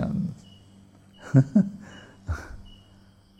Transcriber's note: laughing